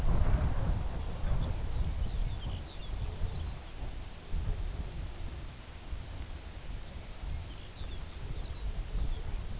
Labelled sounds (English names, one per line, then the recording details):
Lapland Longspur
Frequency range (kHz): Lapland Longspur 1.8-6.8 kHz
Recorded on Arctic tundra, site UTQI-2, on 14 June 2019
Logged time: 18:00